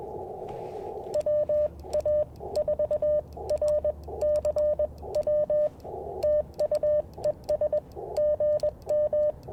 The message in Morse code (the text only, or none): WA4RCW TUES GM